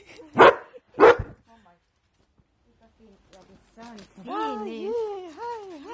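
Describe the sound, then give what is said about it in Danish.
A male dog barking for attention lets out two loud, sharp barks in quick succession, then after a short pause makes a drawn-out, wavering whine that rises and falls in pitch. “Oj, han skal godt nok lige gøre opmærksom på sig selv, ham hundemand der.”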